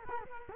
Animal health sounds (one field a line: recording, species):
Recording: mosquito wingbeat signal from an infrared sensor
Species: Culex quinquefasciatus